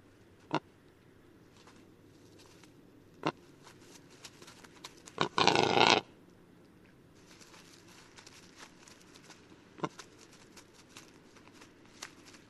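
Rackelhahn (black grouse × capercaillie hybrid): rackelhahn producing one loud, coarse, hissing croak, with scattered sharp clicks before and after over a quiet background.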